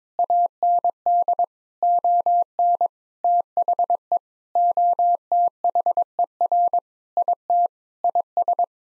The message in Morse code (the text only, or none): AND ON THE OTHER IT IS